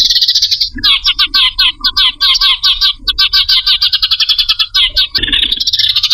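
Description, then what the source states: Bird calling in quick bursts of sharp, high chirps, stuttering and repeated in runs, with a short break near the start and a soft low hum beneath. Lure calls used to attract stubborn, hard-to-approach birds.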